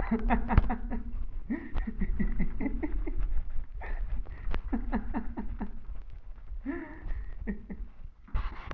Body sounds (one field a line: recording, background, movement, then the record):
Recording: laughter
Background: quiet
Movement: sitting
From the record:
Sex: male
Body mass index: 21.0 kg/m2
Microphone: on the chest, facing the body